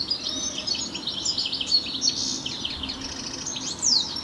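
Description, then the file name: European Goldfinch calls, continuous liquid twitter of quick high chirps with a sharp upslurred and downslurred note near the end. "Carduelis carduelis"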